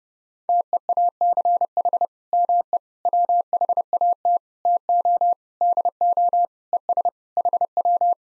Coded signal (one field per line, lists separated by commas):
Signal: Morse code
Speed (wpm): 28 wpm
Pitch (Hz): 700 Hz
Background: none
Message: TEACH ME WHAT TO DO ES HW